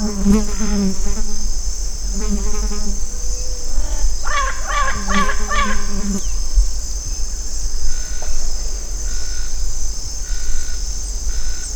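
Bird calls in short buzzy, stacked bursts, three groups in the first six seconds, then quieter notes over a steady high-pitched hiss.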